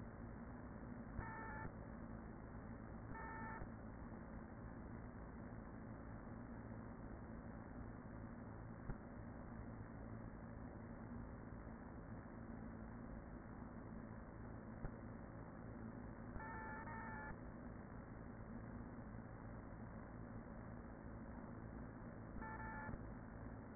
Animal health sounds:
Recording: honeybee colony, microphone inside the hive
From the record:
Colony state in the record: queen present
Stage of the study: after two queens were removed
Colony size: about 40,000 bees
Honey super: no

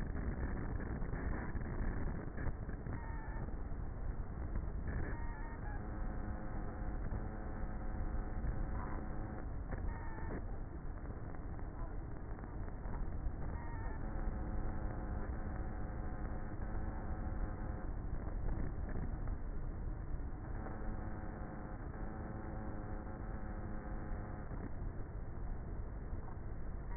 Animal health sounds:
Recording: honeybee colony, microphone inside the hive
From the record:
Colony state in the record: queenless with a low population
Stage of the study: before two queens were removed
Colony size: about 30,000 bees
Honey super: no

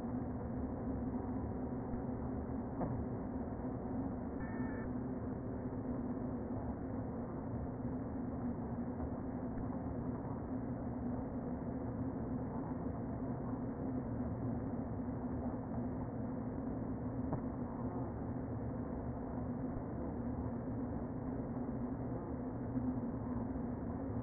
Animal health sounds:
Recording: honeybee colony, microphone inside the hive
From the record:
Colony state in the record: queen present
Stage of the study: before two queens were removed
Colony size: about 60,000 bees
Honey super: yes

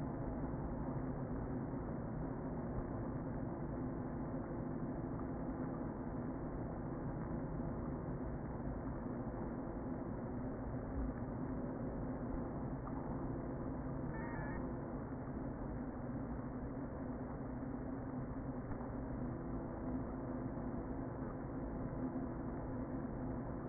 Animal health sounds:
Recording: honeybee colony, microphone inside the hive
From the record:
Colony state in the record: queen present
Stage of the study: before two queens were removed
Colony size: about 60,000 bees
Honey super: yes

